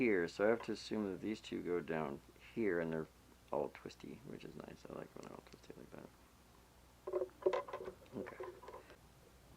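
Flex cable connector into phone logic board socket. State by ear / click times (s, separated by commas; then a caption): not seated / none. While reassembling an iPhone XS, a small flex-cable connector is pressed onto its socket on the logic board as someone talks. A few faint, short taps follow between about 7 and 9 seconds, but the connector has not clicked into place. It is not popping back out either, so it is assumed to be seated.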